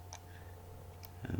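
A laptop RAM module is pushed in and then down into its memory slot until the side retaining clips snap over it. A faint tick comes early over a steady low hum, then two small sharp clicks land at 1.1 s and 1.3 s as the latches catch. The module is correctly seated.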